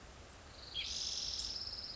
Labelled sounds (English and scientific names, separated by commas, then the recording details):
Spotted Towhee (Pipilo maculatus)
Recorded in Sonoma County, California